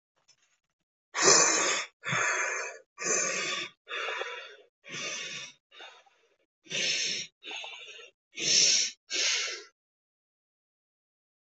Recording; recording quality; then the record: shallow breathing; excellent, no background noise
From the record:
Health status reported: healthy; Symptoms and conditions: none ticked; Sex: male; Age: 20 years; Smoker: not ticked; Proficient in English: yes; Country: India